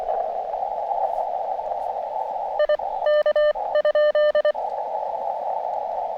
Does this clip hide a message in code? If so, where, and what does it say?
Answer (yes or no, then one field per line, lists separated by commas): yes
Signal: Morse code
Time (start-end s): 2.6-4.5 s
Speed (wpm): 23 wpm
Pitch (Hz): 1800 Hz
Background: radio noise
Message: IK?